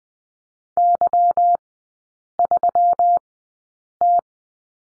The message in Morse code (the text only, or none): Y3T